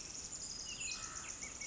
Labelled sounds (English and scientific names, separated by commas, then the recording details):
Pacific Wren (Troglodytes pacificus)
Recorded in Sonoma County, California